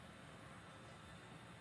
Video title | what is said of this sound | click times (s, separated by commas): A Toy Hauler Under 40ft with THIS MUCH Space! WOW! 2023 Grand Design Momentum 315G | almost got it there's one corner in the back corner that I can tell didn't didn't catch | none